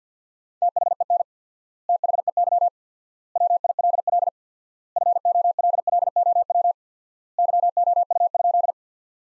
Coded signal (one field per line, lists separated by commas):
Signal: Morse code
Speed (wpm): 50 wpm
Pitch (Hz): 700 Hz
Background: none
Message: THEN THEY WILL FOLLOW YOU?